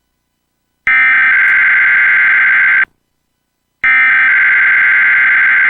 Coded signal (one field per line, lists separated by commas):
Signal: Emergency Alert System (SAME) tones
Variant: header bursts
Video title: Xfinity Weekly EAS Test - May 23, 2022 | MN (VHS)